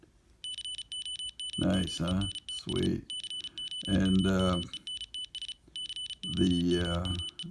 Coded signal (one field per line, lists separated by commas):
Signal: Morse code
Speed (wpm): 34 wpm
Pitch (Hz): 3000 Hz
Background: speech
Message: COMMENTS COMMENTS COMME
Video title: Morse Code Regurgitator